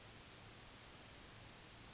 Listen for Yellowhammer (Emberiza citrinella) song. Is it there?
yes